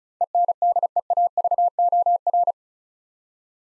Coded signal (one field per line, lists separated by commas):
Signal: Morse code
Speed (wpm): 36 wpm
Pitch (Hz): 700 Hz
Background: none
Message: ENDEAVOR